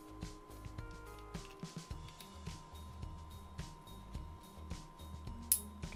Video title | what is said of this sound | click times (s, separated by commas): 초코파이보드를 활용한 발명품 설계 #2 | 딸깍 소리가 날때까지 껴주면 되겠습니다 | 5.5 s